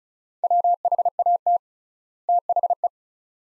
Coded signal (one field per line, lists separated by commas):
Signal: Morse code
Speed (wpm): 36 wpm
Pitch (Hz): 700 Hz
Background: none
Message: WHAT THE